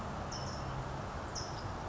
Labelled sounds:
California Towhee (Melozone crissalis)
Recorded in Sonoma County, California

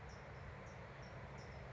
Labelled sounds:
California Towhee (Melozone crissalis)
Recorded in Sonoma County, California

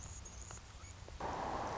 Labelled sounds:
Anna's Hummingbird (Calypte anna)
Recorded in Sonoma County, California

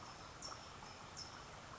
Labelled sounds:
California Towhee (Melozone crissalis)
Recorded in Sonoma County, California

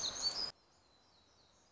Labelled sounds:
Black-throated Gray Warbler (Setophaga nigrescens)
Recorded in Sonoma County, California

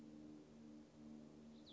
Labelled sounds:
Cassin's Vireo (Vireo cassinii)
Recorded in Sonoma County, California

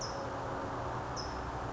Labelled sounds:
California Towhee (Melozone crissalis)
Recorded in Sonoma County, California

